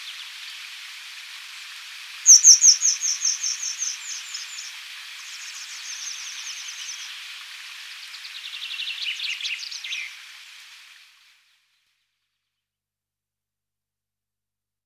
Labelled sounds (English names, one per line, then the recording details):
Grey Wagtail song
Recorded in the wild
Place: Kandel /Schwarzwald; Waldkirch, Baden-Württemberg, DE
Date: 1984-07-08
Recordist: Schwarz, Dieter
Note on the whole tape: Song